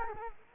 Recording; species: mosquito wingbeat signal from an infrared sensor; Culex quinquefasciatus